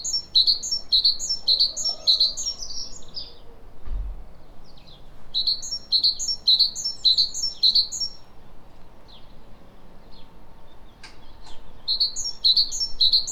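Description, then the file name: Great tit delivering three bursts of rapid, ringing two-note phrases with pauses between, a faint thump and light ticking in the quiet gaps. "Parus major"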